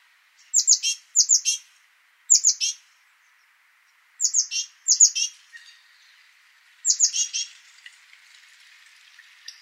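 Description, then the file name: Great tit calls: short bursts of high, slightly buzzy descending notes in twos and threes, repeated irregularly, fading into faint background sound. "Parus major"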